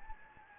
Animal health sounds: mosquito wingbeat signal from an infrared sensor; Anopheles gambiae

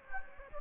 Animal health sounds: mosquito wingbeat signal from an infrared sensor; Anopheles gambiae

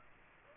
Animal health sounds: mosquito wingbeat signal from an infrared sensor; Aedes aegypti

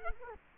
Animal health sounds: mosquito wingbeat signal from an infrared sensor; Culex quinquefasciatus

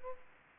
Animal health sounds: mosquito wingbeat signal from an infrared sensor; Aedes aegypti

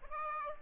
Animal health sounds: mosquito wingbeat signal from an infrared sensor; Aedes aegypti

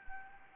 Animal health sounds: mosquito wingbeat signal from an infrared sensor; Anopheles gambiae

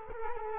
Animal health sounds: mosquito wingbeat signal from an infrared sensor; Culex quinquefasciatus

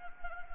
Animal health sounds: mosquito wingbeat signal from an infrared sensor; Anopheles gambiae

